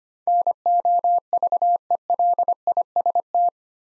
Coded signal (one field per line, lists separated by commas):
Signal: Morse code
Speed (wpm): 25 wpm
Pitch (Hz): 700 Hz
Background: none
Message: NOVELIST